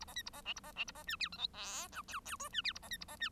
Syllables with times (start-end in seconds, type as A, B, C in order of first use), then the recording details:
0.00-0.05 A, 0.07-0.14 B, 0.15-0.22 C, 0.26-0.30 A, 0.33-0.41 B, 0.45-0.53 D, 0.56-0.60 A, 0.63-0.72 B, 0.76-0.84 D, 0.87-0.92 A, 0.94-1.03 B, 1.07-1.16 E, 1.19-1.29 F, 1.32-1.38 G, 1.38-1.47 H, 1.53-1.88 I, 1.92-2.02 J, 2.08-2.20 K, 2.25-2.36 K, 2.39-2.49 L, 2.52-2.62 E, 2.64-2.73 F, 2.75-2.79 A, 2.82-2.88 B, 2.90-2.97 C, 3.00-3.05 A, 3.08-3.16 B, 3.20-3.29 E. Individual Bird1